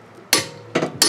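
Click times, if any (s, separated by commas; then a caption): 0.3 s, 1.0 s. A click-type torque wrench tightens the next lug nut on a VW Jetta wheel to 100 ft-lb during a front brake pad replacement. It gives sharp metallic clicks at 0.3 s and 1.0 s, with a softer click at about 0.75 s in between. The wrench reaches its setting and the lug nut is confirmed tight.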